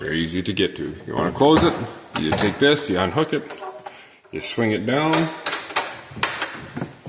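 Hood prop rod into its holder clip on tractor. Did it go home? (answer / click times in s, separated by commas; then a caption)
yes / 6.2 s. Someone talks while unhooking the hood prop rod on a John Deere tractor and swinging it down. A sharp metallic snap is heard at 6.2 s as the rod seats in its holder clip.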